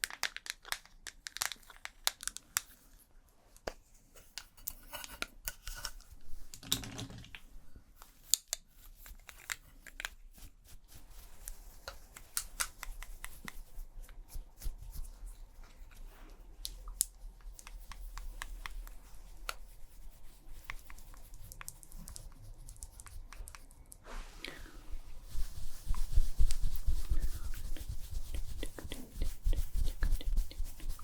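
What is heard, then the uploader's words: Fast makeup sounds: dense taps, clicks and scratchy brushing, growing louder and busier after about twenty-five seconds. ASMR Doing Your MINT Makeup (Fast & Aggressive Layered Sounds) NO TALKING.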